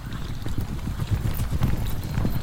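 Hooves of several ridden horses clip-clop in a steady, overlapping rhythm as the animals walk together, with dull low thuds and a faint rustle beneath, no voices.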